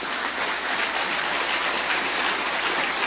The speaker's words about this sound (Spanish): ¿Para cuántos aquí esta mañana? Bueno, aplaudan al Señor. Gloria a Dios.